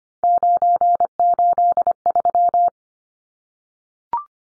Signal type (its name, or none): Morse code